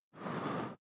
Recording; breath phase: one breath near a microphone; exhalation